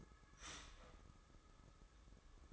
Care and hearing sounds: daily activity, microphone in the room; start toaster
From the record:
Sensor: 3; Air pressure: 995.2 hPa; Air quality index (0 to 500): 74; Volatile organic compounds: 5 ppm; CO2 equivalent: 1737 ppm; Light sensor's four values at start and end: 18/55/23/20 and 18/55/23/20

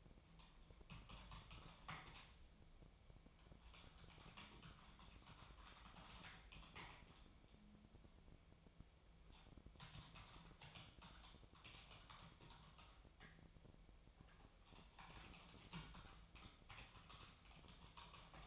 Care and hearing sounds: daily activity, microphone in the room; typing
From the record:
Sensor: 1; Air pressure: 999.2 hPa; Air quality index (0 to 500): 209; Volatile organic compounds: 51 ppm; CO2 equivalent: 3309 ppm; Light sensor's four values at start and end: 9/22/8/9 and 9/22/8/9

